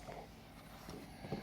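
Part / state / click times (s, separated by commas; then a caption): CPU cooler retention clip onto motherboard mounting bracket / not seated / none. A stock CPU cooler's retention clip is being handled over the plastic motherboard mounting bracket, with soft low rustling and faint scraping that gets a little louder near 1.3 seconds. Nothing has seated or clicked yet.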